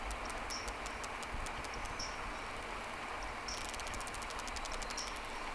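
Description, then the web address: Whale clicks in rapid trains, a dense burst in the second half, with short high tonal blips scattered through a constant underwater hiss. Two whales, underwater recording made 3 October 2006, noted as round 2. "Sea Snake 10-3-06 Whales X 2 14-02 Round 2"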